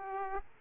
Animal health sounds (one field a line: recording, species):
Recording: mosquito wingbeat signal from an infrared sensor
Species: Aedes aegypti